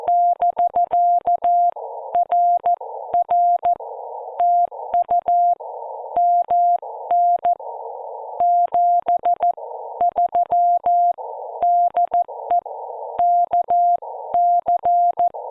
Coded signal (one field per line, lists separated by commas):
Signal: Morse code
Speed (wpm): 14 wpm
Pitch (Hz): 700 Hz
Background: none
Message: <BK> RR TU MN 73 DE KC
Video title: Part 2: 14 WPM CW Practice Parks on the Air Activation with an IC-705 Monterey, CA